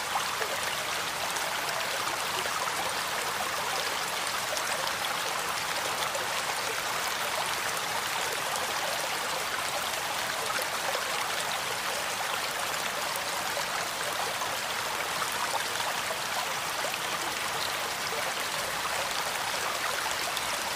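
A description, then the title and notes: Steady, dense rain hisses evenly throughout, bright, with fine pattering detail and no distinct events or changes in level. Raining Sounds. Water White Noise.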